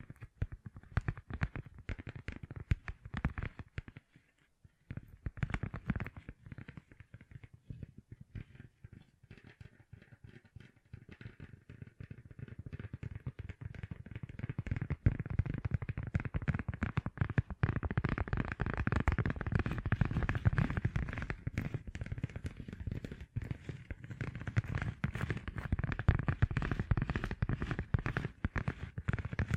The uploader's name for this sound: Gem Covered Fingertips Tapping and Scratching